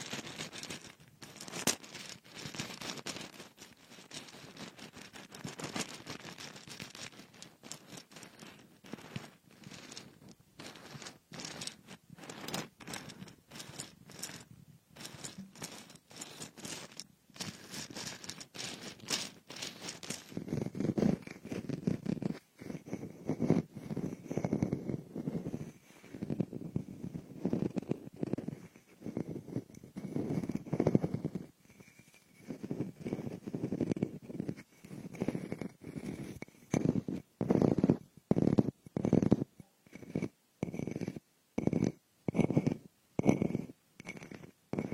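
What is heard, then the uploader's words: Frosted bath ball crackling and crunching as fingers pick at it, a rapid, dense stream of brittle crackles. For the first twenty seconds the sound is fine and bright; after that it turns heavier and lower, with chunkier crumbling bursts and brief pauses between them. Frosted Bath Ball Ear Picking Experience.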